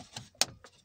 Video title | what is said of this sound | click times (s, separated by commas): install instructions for the OBS Ford truck dash trim kit 1992-1996 f series trucks and 1997 f250 | You can see how it pops right in there nice and tight. | 0.4 s